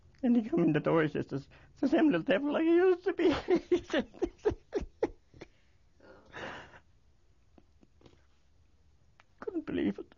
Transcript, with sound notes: And he comes in the door, he says, "It's the same little devil like he used to be." (He laughs and cries.) He couldn't believe it.